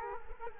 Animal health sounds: mosquito wingbeat signal from an infrared sensor; Culex quinquefasciatus

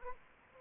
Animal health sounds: mosquito wingbeat signal from an infrared sensor; Anopheles arabiensis

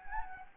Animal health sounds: mosquito wingbeat signal from an infrared sensor; Anopheles gambiae

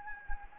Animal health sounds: mosquito wingbeat signal from an infrared sensor; Anopheles gambiae

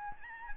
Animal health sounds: mosquito wingbeat signal from an infrared sensor; Aedes albopictus

